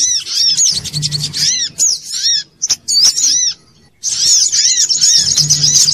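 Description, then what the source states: Little spiderhunter song: bursts of high rapid chattering and arched whistles, a near-silent gap of half a second, then a steady, dense high twitter. Bird-training (masteran) song.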